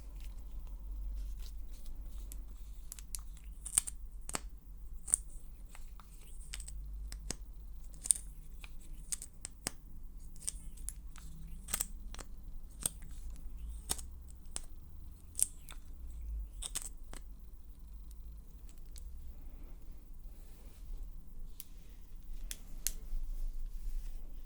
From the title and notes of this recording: ASMR Lip Stick Try-On & Assorted Sounds.